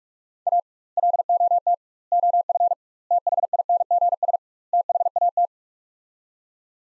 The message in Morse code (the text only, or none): A LOT OF THINGS THAT